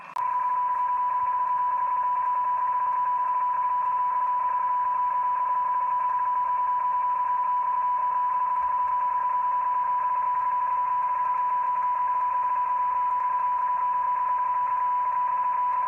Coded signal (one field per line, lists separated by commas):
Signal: PSK31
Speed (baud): 31.25 baud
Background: radio noise